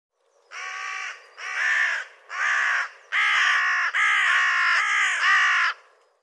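Bird giving harsh, nasal, caw-like calls, about six in a row, the later ones running together into a long rasping stretch.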